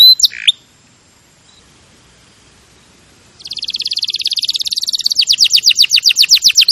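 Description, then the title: Canary song beginning with a brief chirp, followed by nearly three seconds of quiet, then a rapid high trill that shifts into fast, sharply falling sweeps. Champion canary song used as a master recording for training other birds to sing. "Masteran Kenari Juara"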